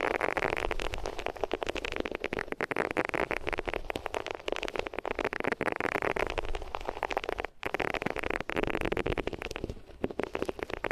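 Ears being rubbed against different materials make a dense, continuous scratchy rustle with fast, irregular crackles packed throughout. The texture stays bright and busy, with a brief gap just before the eight-second mark, then the rough rubbing resumes at the same steady intensity.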